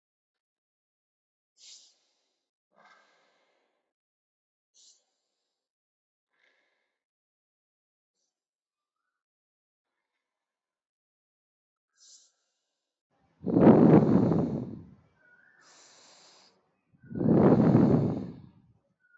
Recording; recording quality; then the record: deep breathing; excellent, no background noise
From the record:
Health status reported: healthy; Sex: female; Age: 28 years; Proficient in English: yes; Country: India